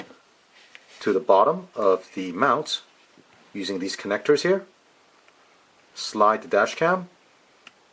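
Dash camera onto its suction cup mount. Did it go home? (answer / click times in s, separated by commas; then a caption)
no / none. A BESCHOI HD 1080P car dash cam with a 6-element glass lens is being handled near the connectors at the bottom of its plastic windshield suction mount, ready to be slid on. Someone talks, with a few faint small ticks in between, including a brief tick near the end. Nothing has clicked or seated yet.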